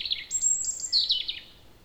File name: Erithacus rubecula